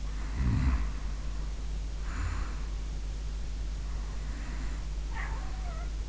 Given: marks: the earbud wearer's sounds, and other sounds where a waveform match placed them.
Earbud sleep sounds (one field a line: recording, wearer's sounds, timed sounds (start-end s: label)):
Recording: sounds in sleep by an in-ear microphone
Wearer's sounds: snoring breath, breath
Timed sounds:
0.15-2.74 s: snoring breath
3.90-4.87 s: breath
5.16-5.97 s: sound from someone else or the room